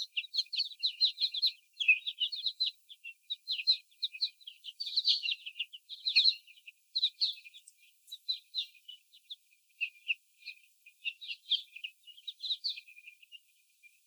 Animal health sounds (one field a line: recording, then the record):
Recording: young laying hens in a cage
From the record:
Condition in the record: before the stressor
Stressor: sudden umbrella opening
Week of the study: 3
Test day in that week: 2